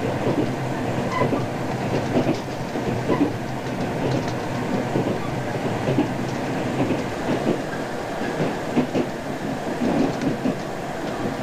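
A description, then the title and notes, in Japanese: Inside a Mugunghwa train carriage on the way to Onyang Oncheon station. A steady, dense rumble of wheels and car body fills the clip, with clacks over rail joints recurring about every second and faint higher squeals now and then. ムグンファ号（温陽温泉駅到着までの車内音）。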